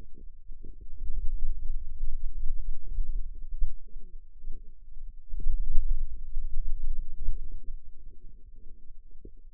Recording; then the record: forearm muscle sounds (acoustic myography)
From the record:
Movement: hand closing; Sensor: system 2, bracelet of six BSWA MPA416 microphones around the upper forearm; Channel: 1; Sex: female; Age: 21 years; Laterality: right